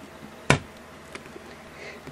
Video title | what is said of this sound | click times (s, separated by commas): The Gallery London Serenity Loom | what you do is I'm pushing it down in and you'll hear snap alright | 0.5 s